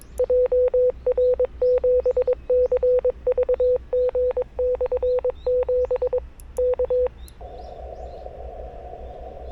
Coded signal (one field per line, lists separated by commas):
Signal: Morse code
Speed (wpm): 22 wpm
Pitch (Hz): 500 Hz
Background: none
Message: JR7CVG/7 K